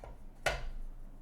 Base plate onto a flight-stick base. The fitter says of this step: Go ahead and just apply the base plate here. It snaps into place.